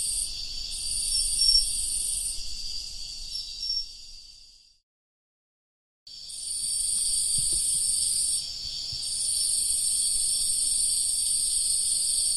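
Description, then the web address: Cricket trilling, high layered buzzing that fades and breaks off into about a second of silence, then returns just as dense. "Hoerbeispiele Grillen"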